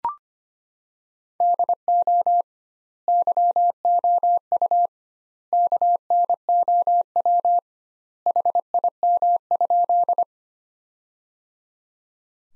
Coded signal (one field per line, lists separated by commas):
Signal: Morse code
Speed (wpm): 25 wpm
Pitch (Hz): 700 Hz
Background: none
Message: DO YOU KNOW HIM?